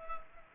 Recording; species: mosquito wingbeat signal from an infrared sensor; Culex pipiens